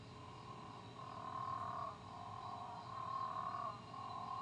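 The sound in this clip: Physalaemus moreirae frog calling: drawn-out, even tonal notes under a second long in a steady series over a low hum.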